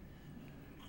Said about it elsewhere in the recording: You can hear my dog snoring on the couch as per usual. It's late at night, so she's nice and tired.